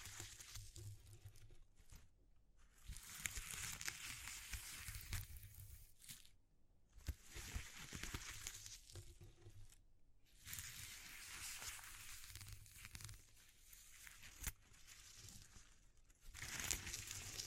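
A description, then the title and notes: Close, dry textures are rubbed and crumpled, giving dense scratchy rustling that comes in long bursts broken by short silences around two, six and ten seconds. Soft low thumps and handling bumps sit underneath, and the last second swells louder. ASMR Exploring Textures (No Talking).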